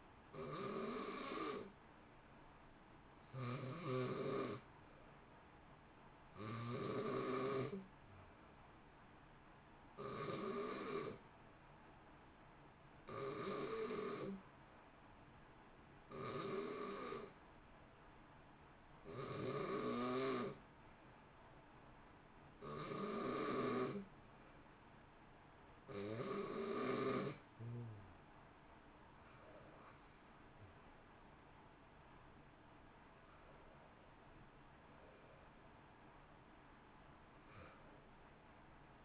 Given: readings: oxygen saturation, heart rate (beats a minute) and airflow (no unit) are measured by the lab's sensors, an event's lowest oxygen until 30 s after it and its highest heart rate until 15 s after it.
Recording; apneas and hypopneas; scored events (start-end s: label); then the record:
breathing in sleep by a voice recorder at the bedside; 1
1.00-31.00 s: new sleep stage, N2 (light sleep)
12.00-30.20 s: hypopnea (N2, oxygen 93% highest, then 91% lowest, heart rate 61 at the start, 64 highest)
31.00-39.05 s: new sleep stage, N1 (lightest sleep)
From the record:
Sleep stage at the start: N1 (lightest sleep); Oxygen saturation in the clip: 91 to 93%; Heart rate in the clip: 58 to 64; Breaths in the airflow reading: 13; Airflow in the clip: -1.0 to 1.2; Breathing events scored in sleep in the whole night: 328 in 6.3 hours asleep